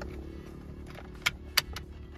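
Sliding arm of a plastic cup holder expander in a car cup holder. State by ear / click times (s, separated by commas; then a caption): seated / 1.3 s, 1.6 s. One side of a plastic cup-holder expander sitting in a car cup holder is pulled out by hand, and each side slides independently. Its sliding arm ratchets outward with sharp clicks at 1.3 s and 1.6 s, plus a softer tick near 1.8 s, over a low steady hum. The arm clicks into its detent and is seated.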